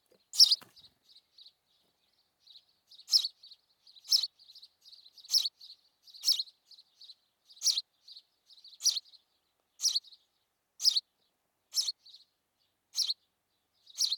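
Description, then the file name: House sparrow calling with emphatic, harsh chirps repeated at a steady pace, separated by quieter clipped notes, in an otherwise quiet background. "Passer domesticus"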